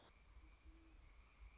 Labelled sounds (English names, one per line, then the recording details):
Great Horned Owl
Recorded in Sonoma County, California